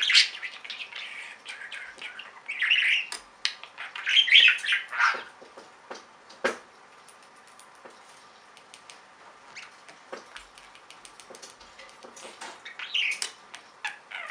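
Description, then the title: Budgerigar chattering in bursts of warbled, squeaky chirps between sharp clicks, busiest in the first five seconds, then sparse clicking before a brief return of chatter near the end. "Budgie Sounds"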